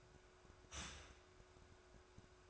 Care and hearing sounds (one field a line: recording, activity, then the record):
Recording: daily activity, microphone in the room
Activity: start toaster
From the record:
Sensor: 2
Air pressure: 1014.5 hPa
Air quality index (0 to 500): 194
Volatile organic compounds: 19 ppm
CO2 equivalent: 2656 ppm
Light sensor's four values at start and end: 4/9/3/3 and 4/9/3/3